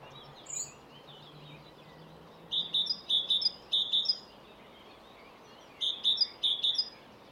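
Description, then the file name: Great tit giving two bursts of sharp, high two-note phrases, each repeated several times, with low steady hiss between them. "Parus major"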